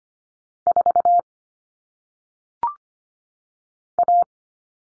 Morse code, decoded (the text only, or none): 4 A